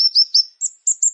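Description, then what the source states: Plain prinia sings a rapid series of six sharp high chirps, the first three slurred, the last three thinner and steadier at higher pitch. Local name ciblek sawah.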